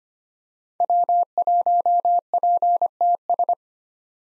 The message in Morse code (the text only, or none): W1PTS